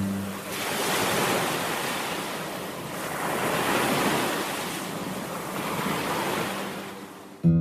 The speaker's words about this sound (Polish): No i jak w dobrym czasie tu przylecimy, to pogoda murowana, ocean cieplutki, woda przejrzysta, piasek miękki, morze szumi jak powinno, mango samo spada z drzewa.